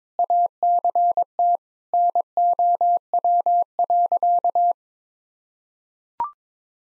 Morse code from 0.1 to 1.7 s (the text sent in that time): ACT